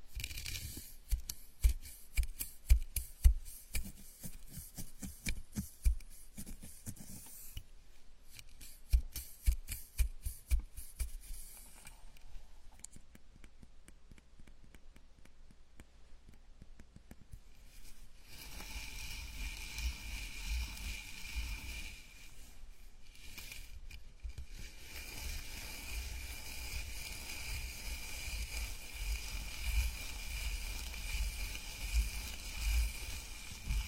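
A scalp massage, with soft rubbing and tapping over roughly the first eighteen seconds, sharp little strokes clustered around three and nine seconds. After that the touches blend into a steady, dense brushing hiss with a faint high tone running through it.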